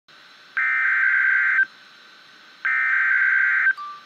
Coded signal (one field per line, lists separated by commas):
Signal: Emergency Alert System (SAME) tones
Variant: header bursts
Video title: REAL EAS 585-Severe thunderstorm warning